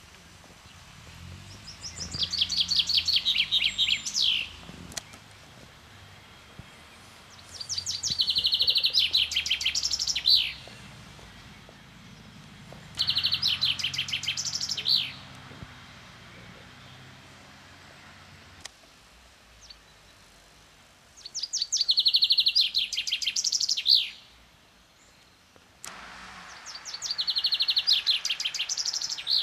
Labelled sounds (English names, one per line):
Common Chaffinch song